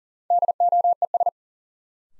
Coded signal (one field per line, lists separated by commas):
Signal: Morse code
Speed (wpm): 40 wpm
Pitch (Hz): 700 Hz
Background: none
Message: DOES